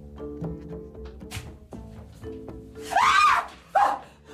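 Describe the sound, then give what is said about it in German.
A woman, startled by someone in the dark, lets out a loud, high-pitched scream that rises and falls, followed moments later by a shorter second shriek, after a stretch of quieter low rustling. “Auf zu schreien”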